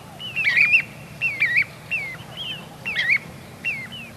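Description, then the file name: Little ringed plover calls: a series of short, sharp descending whistles, some in quick pairs, separated by brief pauses. "Corriere Piccolo"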